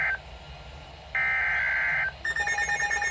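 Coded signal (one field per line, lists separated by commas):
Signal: Emergency Alert System (SAME) tones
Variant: header bursts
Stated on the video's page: Severe thunderstorm warning received on NOAA weather radios.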